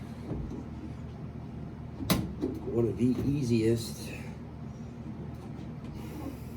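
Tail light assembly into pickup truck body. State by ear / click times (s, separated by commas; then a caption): seated / 2.1 s. An aftermarket plastic tail light assembly for a 2019 Ram 1500 is pressed into its mounting on the pickup truck bed side after the harness is plugged in and the lock refitted. A single sharp pop at 2.1 seconds marks the housing seating into place. Someone talks before and after.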